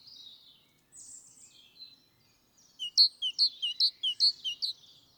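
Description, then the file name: Great tit calling: soft high wavering notes, then a quick run of about ten bright, sharp notes alternating slightly in pitch, evenly spaced. "Parus major"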